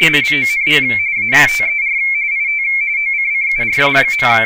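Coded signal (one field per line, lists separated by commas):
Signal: RTTY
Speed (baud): 45.45 baud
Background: speech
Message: LONG AFTER IT OCCURS.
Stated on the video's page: Radioteletype printed by MMTTY and analyzed by HamScope.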